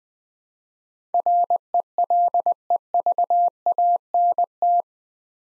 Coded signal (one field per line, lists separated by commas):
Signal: Morse code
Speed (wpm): 20 wpm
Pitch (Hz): 700 Hz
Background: none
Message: RELEVANT